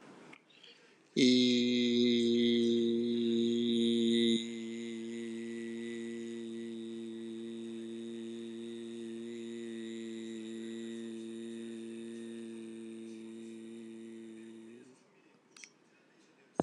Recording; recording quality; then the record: sustained vowel as in beet; excellent, no background noise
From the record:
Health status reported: healthy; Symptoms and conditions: diabetes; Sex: male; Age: 49 years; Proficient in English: yes